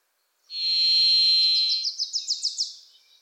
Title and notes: The Varied Thrush, Ixoreus naevius, is a wisp in the forests of the Pacific Northwest.